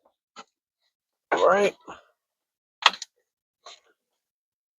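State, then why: Seated. While reassembling a Mazda 5 (2.5L Duratec) after replacing the driver side transmission mount, an electrical terminal is pushed back into its connector in the engine bay as someone talks. A sharp click is heard at 2.9 s as the terminal seats and goes in.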